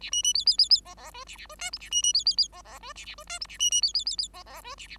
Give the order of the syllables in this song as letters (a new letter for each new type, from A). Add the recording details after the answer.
A B B C C C C D D E A A E F G A B B C C C D D E A A E F G A B B C C C C D D E A A. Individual Bird5